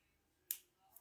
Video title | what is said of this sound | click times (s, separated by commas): Crafting with Hobbeads | you should hear it snap in | 0.5 s